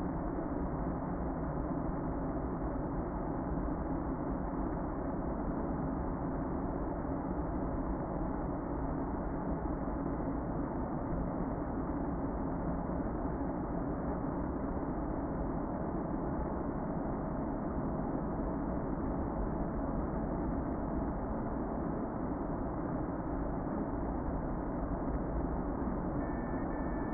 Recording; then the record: honeybee colony, microphone inside the hive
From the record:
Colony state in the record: queen present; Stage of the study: before two queens were removed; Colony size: about 60,000 bees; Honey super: yes